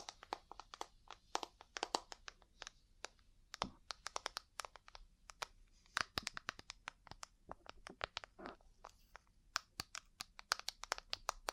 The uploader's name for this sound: Ear Cleaning, Massage, Cupping, Tapping